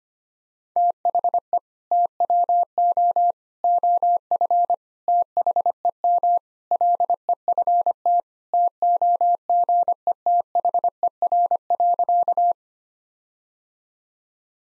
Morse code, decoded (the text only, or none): THE TWO OF THEM LEFT TOGETHER.